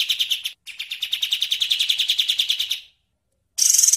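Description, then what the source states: Bird song: a sustained, fast, rhythmic chatter of identical high chirps lasting several seconds, then quiet and an abrupt shrill buzzy trill. Bird sounds used for training songbirds (masteran).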